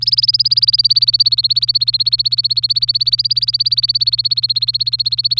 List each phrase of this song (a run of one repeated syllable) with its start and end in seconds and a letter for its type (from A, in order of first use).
0.01-5.39 A